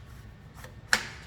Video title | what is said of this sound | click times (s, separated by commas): How to load and unload cast laminator | you hear that snap okay then what we're going to do is we're going to come in here | 0.9 s